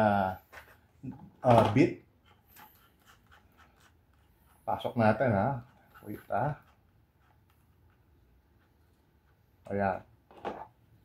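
A drill bit is being inserted into the chuck of a Keelat KCD 013 cordless drill and fiddled with before it is tightened and locked, while someone talks between faint handling sounds. Nothing has seated or clicked yet.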